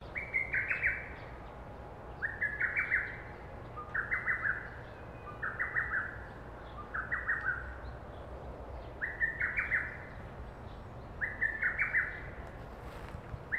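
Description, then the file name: Lesser cuckoo calling: a sharp, staccato phrase of several quick notes, repeated several times, over a steady low background hiss. "hototogisu"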